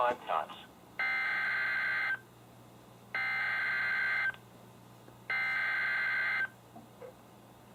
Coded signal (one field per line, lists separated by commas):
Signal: Emergency Alert System (SAME) tones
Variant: header bursts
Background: speech